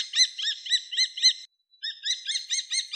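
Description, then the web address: Common kestrel calling: a fast run of sharp, shrill kee notes, about four per second, then a short silence before another run of the same piercing notes. "Falco tinnunculus"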